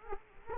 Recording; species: mosquito wingbeat signal from an infrared sensor; Culex quinquefasciatus